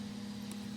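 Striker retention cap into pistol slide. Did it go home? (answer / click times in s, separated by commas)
no / none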